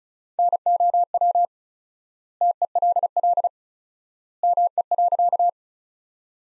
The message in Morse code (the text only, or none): NOW TELL ME.